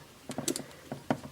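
A normal SD card is pushed down into the card slot of a GoPro Hero action camera until it latches, a fit that can be a bit fiddly. A few small plastic taps and scrapes come at 0.3 to 0.6 s, then the card clicks into place and seats at 1.1 s, followed by a brief tap near the end.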